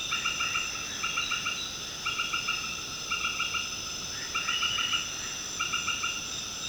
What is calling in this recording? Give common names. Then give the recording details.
none. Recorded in secondary vegetation near Puerto Asís, Putumayo, Colombia, on 18 February 2024 at 19:00. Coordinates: 0.472, -76.331. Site G6371